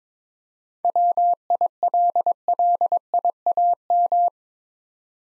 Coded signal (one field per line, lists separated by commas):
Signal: Morse code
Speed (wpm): 22 wpm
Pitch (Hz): 700 Hz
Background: none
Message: WILLIAM